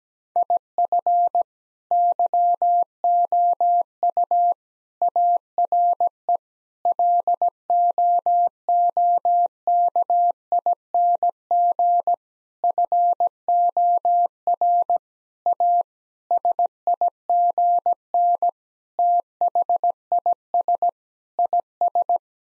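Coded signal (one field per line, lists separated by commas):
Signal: Morse code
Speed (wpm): 17 wpm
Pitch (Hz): 700 Hz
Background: none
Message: IF YOU ARE LOOKING FOR A SIGN THIS IS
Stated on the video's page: Morse copying practice of sentences with common six-word phrases at 17 wpm.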